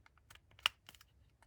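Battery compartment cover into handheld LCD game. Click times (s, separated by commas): 0.7 s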